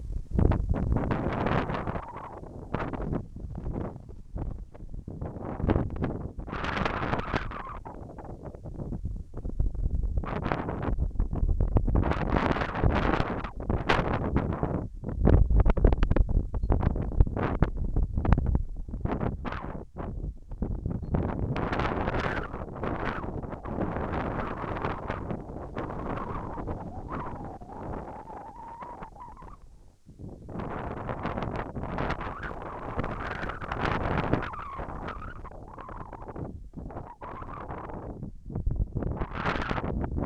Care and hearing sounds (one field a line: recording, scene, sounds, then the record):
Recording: everyday scene through a hearing-aid microphone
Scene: wind on the microphone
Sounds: wind, whistling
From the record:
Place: in front of a rural house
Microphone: behind the ear, left, rear